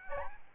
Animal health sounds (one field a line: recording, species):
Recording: mosquito wingbeat signal from an infrared sensor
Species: Aedes albopictus